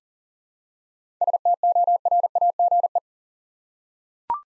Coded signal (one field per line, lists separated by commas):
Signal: Morse code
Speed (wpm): 38 wpm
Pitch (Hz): 700 Hz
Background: none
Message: STORAGE